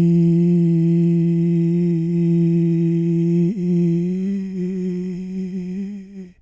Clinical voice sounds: sustained vowel /i/; male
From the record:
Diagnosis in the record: Parkinson's disease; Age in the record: 65 years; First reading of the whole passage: 164 s, 3.2 characters per second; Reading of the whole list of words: 151 s, 1.9 characters per second

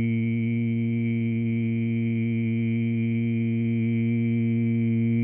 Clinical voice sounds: sustained vowel /i/; male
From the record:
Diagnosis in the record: Parkinson's disease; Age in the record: 70 years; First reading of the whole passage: 65 s, 7.9 characters per second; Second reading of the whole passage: 60 s, 8.6 characters per second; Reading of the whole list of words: 48 s, 5.8 characters per second

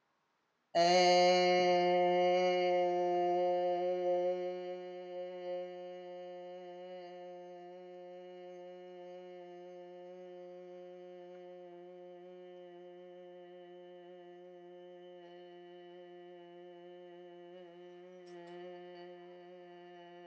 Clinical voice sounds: sustained vowel /e/; female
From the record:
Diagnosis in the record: healthy control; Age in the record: 69 years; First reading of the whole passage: 64 s, 7.9 characters per second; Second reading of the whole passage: 54 s, 9.5 characters per second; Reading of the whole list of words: 33 s, 8.4 characters per second

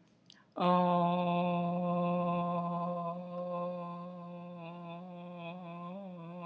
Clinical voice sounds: sustained vowel /o/; female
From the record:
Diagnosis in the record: healthy control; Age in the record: 68 years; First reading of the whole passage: 56 s, 9.3 characters per second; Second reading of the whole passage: 53 s, 9.8 characters per second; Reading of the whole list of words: 52 s, 5.4 characters per second

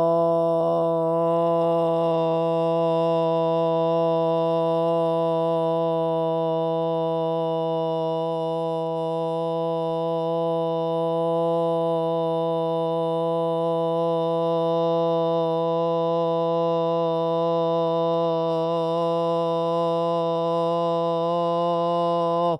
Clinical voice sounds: sustained vowel /o/; female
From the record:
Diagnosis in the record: Parkinson's disease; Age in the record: 61 years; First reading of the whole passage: 53 s, 9.7 characters per second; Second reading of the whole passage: 51 s, 10.1 characters per second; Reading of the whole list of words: 49 s, 5.7 characters per second

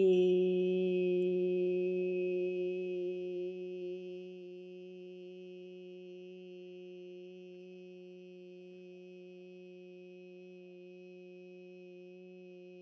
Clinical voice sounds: sustained vowel /i/; female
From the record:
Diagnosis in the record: healthy control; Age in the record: 61 years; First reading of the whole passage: 59 s, 8.5 characters per second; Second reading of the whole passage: 54 s, 7.6 characters per second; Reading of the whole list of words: 57 s, 4.9 characters per second

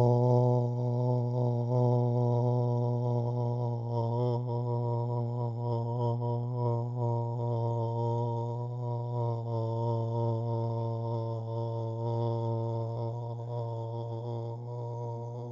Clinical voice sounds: sustained vowel /o/; male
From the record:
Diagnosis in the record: Parkinson's disease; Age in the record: 68 years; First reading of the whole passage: 85 s, 6.1 characters per second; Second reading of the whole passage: 63 s, 8.2 characters per second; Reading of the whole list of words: 49 s, 5.8 characters per second

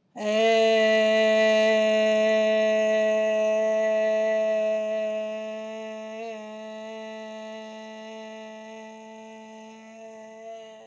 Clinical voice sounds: sustained vowel /e/; female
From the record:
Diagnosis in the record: healthy control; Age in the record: 69 years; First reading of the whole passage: 57 s, 9.1 characters per second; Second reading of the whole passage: 50 s, 10.4 characters per second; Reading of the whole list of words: 47 s, 6.0 characters per second

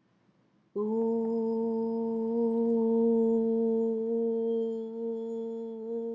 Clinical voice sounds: sustained vowel /u/; female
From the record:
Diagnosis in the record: healthy control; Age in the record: 60 years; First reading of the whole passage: 59 s, 7.9 characters per second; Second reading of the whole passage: 55 s, 8.5 characters per second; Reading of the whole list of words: 44 s, 6.4 characters per second

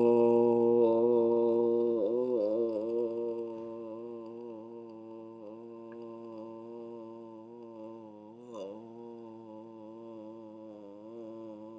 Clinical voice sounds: sustained vowel /o/; male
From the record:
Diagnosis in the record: healthy control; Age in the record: 60 years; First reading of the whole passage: 60 s, 8.3 characters per second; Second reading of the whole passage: 54 s, 9.4 characters per second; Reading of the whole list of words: 38 s, 7.2 characters per second

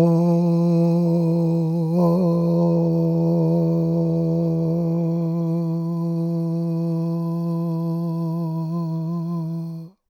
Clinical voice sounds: sustained vowel /o/; male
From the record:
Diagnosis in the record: Parkinson's disease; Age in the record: 77 years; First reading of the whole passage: 65 s, 8.0 characters per second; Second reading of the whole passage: 61 s, 8.5 characters per second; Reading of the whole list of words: 50 s, 5.6 characters per second

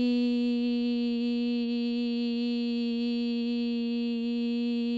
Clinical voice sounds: sustained vowel /i/; female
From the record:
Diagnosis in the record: Parkinson's disease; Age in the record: 54 years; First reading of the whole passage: 55 s, 9.4 characters per second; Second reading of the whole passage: 50 s, 10.4 characters per second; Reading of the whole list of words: 55 s, 5.1 characters per second

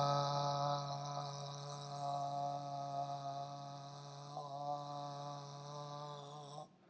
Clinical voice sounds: sustained vowel /a/; male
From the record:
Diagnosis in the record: healthy control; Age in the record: 70 years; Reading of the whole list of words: 64 s, 3.8 characters per second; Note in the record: marked for poor recording quality or reading difficulty

